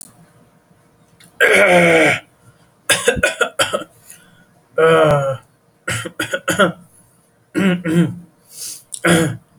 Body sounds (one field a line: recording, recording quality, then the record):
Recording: shallow breathing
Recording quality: excellent, no background noise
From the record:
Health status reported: exposed to COVID-19, no respiratory illness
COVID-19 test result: negative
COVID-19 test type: rapid antigen test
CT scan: not taken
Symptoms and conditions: cough, breathing difficulty, diarrhoea, another respiratory illness, another condition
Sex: male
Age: 27 years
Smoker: no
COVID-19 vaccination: none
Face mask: worn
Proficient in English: yes